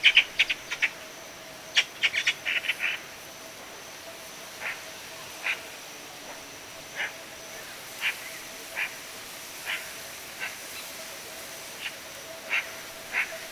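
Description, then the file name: Eurasian magpie calls: two opening bursts of quick harsh chak notes, then after a pause single dry notes roughly every second against a faint background hiss. "Pica pica"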